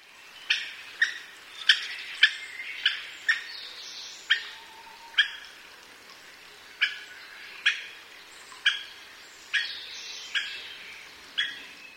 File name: aogera